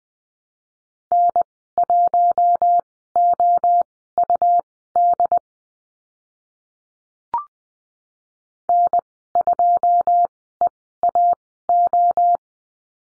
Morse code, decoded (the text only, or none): N1OUD N2EAO